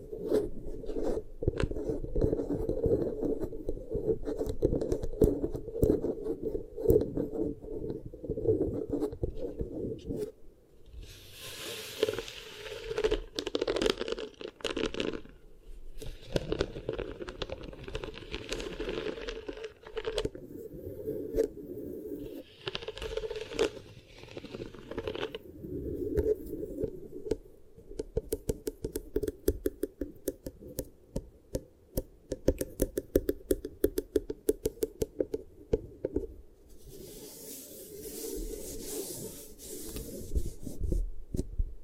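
Beeswax is pressed and worked in steady, dense rubbing and scratching, with a low thick texture throughout. Brighter crackly, rasping bursts rise around 12–20, 22–25 and 36–40 seconds, and sharp small clicks and taps dot the later half.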